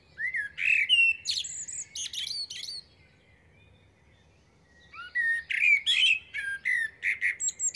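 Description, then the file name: Common blackbird song, two phrases of fluty warbling with high, scratchy flourishes, separated by a quiet gap of about two seconds. "Turdus merula"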